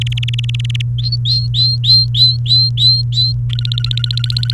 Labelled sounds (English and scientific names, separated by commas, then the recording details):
Domestic Canary (Serinus canaria) song
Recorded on 30 April 2018 at 08:11
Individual llb3